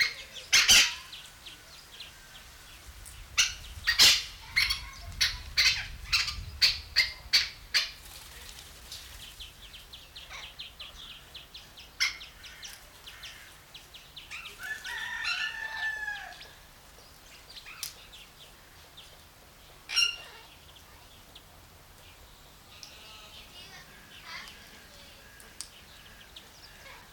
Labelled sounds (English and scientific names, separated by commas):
Red-masked Parakeet (Aratinga erythrogenys) call